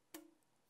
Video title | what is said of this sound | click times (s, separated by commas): Joe Rogan NTN Bow Build- BOX TO BULLET HOLE! | when I clip this knock on the string you hear that positive click | 0.1 s